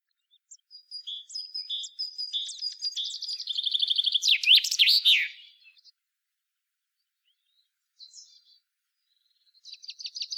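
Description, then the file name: Common chaffinch song: high notes quickening into a rattling descending series and ending in a sharp flourish, then a pause broken by a brief faint call before another phrase starts at the end. "Fringilla coelebs"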